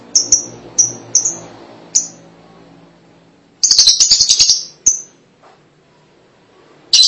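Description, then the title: Lovebird calls: several short shrill high chirps spaced irregularly, then a burst of raspy rapid chattering, a lone chirp, and silence before a final harsh burst. "BM Suara Burung Lovebird"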